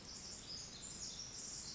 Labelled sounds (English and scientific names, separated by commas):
Pacific Wren (Troglodytes pacificus)